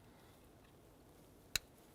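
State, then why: Seated. A plastic vent tube connector is pushed onto the intake fitting of a 2011-2018 Ram during an intake gasket kit replacement. Against a quiet background, one sharp, bright click sounds at 1.6 seconds. The connector clips into place and is locked in.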